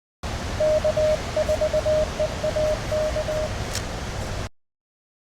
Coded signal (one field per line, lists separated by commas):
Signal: Morse code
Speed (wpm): 21 wpm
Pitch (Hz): 620 Hz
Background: none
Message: K4EAK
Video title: Listen and Copy Random Callsigns in Morse Code #morsecode